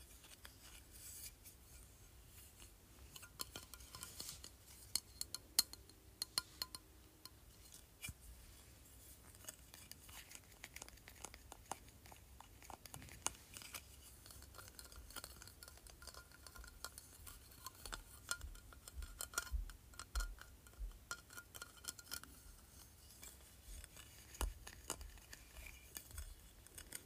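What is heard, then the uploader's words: Light tapping on a plastic trophy, made of quick, sharp clicks that come in irregular bursts throughout. Some taps land harder and stand out, around five seconds and again near thirteen and twenty-four seconds. A low, steady hum sits underneath. ASMR Tapping Plastic Trophy.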